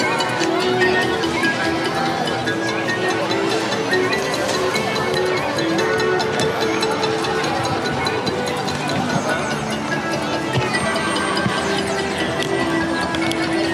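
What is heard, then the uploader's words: Theme park background music with sustained synth-like tones plays steadily beneath a dense, constant murmur of crowd chatter in a busy outdoor area. Disneyland - Tomorrowland (Partial). This is a partial clip of Disneyland’s Tomorrowland Background Music. From the former Cosmic Waves area on a bench facing The Observatron.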